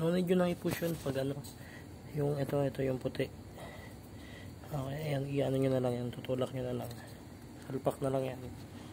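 A white plastic part is handled and pushed toward its seat in a sewing machine while someone talks throughout. No sharp sound stands out in the clip, and nothing has seated or clicked yet.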